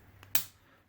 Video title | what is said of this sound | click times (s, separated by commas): Comparing 5 Zebco Omega Reels | and it just clicks into place | 0.4 s